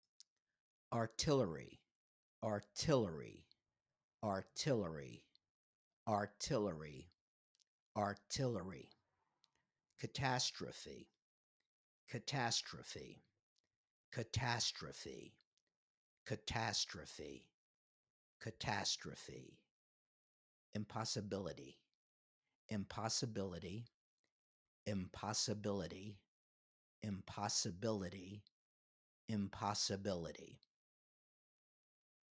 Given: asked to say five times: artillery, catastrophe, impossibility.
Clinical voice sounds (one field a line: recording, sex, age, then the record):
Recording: three words, each repeated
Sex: male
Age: 60 to 69 years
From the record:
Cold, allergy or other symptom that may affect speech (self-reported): no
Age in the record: 65 years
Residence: United States